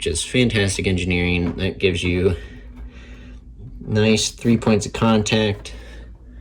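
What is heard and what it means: Someone talks while handling the light arm of an AeroGarden Bounty hydroponic garden, lining its USB-style connector up on three grooves that match three grooves on the light post. Nothing has seated or clicked yet; the clip ends before the connector is pressed home.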